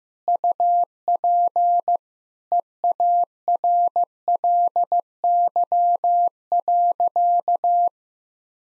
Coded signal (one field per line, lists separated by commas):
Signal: Morse code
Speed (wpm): 15 wpm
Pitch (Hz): 700 Hz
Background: none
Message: UP EARLY.